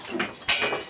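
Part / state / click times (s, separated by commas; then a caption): headset cup removal tool inside a bicycle head tube / seated / 0.5 s. A headset cup removal tool is pushed up from the bottom through a bicycle's head tube, with a faint softer tap at about 0.2 s. At 0.5 s its splayed metal edges snap out past the headset cup with a sharp, bright click as they hit the head tube. The tool is now seated against the lip of the cup.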